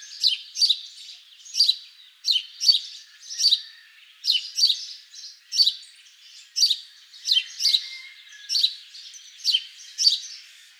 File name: Passer domesticus